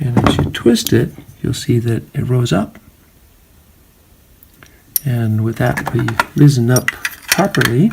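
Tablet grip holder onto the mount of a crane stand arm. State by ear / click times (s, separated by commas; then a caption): not seated / none. Someone talks while a Gripzilla Pro tablet grip holder is twisted and raised into position on the mount of a Sky Crane stand arm, followed by a quiet pause with two faint ticks of handling around 4.4 s and 4.6 s before the talk resumes. The holder has not yet snapped onto the mount; nothing has seated or clicked yet.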